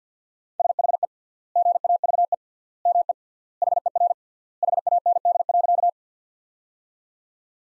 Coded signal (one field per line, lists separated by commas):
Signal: Morse code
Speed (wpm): 46 wpm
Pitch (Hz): 700 Hz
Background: none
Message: SHE GAVE ME HER HAND.